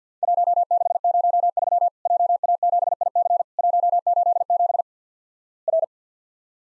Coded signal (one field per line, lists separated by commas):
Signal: Morse code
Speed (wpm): 50 wpm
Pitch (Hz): 700 Hz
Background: none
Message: 1603 JA7IC 187 R